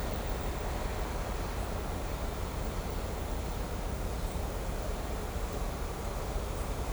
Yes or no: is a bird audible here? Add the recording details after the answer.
no. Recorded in shrubland near Pivijay, Magdalena, Colombia, on 3 June 2023 at 17:30. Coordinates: 10.453, -74.365. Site P5-G022